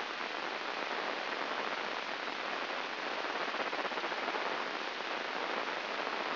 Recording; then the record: brain microelectrode recording played as sound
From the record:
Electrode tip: inside the subthalamic nucleus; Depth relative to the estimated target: -1 mm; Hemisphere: right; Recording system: AlphaMap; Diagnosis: Parkinson's disease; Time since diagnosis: 10 years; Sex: female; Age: 63 years